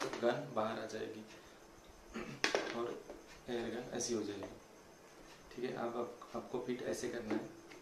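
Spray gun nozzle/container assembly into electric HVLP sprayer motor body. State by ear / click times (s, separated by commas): not seated / none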